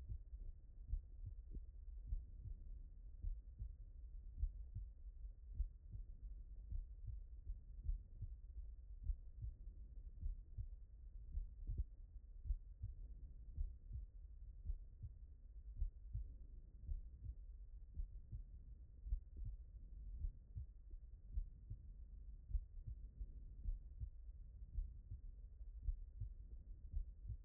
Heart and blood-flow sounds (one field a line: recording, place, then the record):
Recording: heart sounds by stethoscope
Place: mitral valve (MV)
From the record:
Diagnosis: non-HFrEF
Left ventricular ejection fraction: 63%